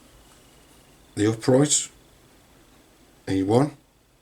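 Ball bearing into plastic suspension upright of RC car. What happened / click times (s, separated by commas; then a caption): Handled, not yet home: the bearing has not clicked into its seat / none. A ball bearing is handled at the plastic suspension upright of a Tamiya FF03 Honda Civic Type-R RC car kit, ready to be pressed in. Someone talks in two short bursts over a quiet background. The bearing has not yet seated or clicked into the upright.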